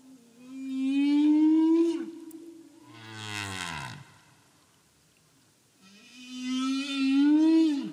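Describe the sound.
Whale song with long, tonal moans that slowly rise then break, separated by a lower, groaning downward sweep and a brief quiet gap.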